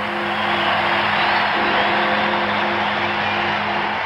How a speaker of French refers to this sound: Whitehall, quartier des ministères. Au balcon du ministère de la Santé, M. Winston Churchill vient d'apparaître. La foule est énorme et tumultueuse.